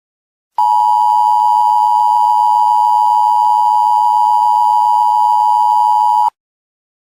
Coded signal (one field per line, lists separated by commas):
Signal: Emergency Alert System (SAME) tones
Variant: 853 and 960 Hz attention tone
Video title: EAS Scenario: Look Up